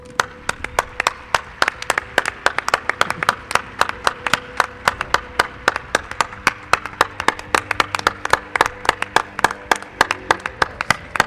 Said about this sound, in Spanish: Y se llama, quiero un aplauso,